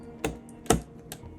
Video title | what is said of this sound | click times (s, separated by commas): How To Build a Lian Li Mini Waifu Gaming PC! Computer Build Series S1:E1 | first you undo the levers for the rim then the ram will be placed into the slot you will hear a click | 0.2 s, 0.7 s